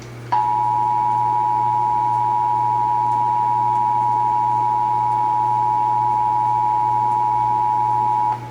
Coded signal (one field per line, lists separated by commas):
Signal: Emergency Alert System (SAME) tones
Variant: 853 and 960 Hz attention tone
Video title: (EAS #407-414) April 2023 Texas Required Monthly Test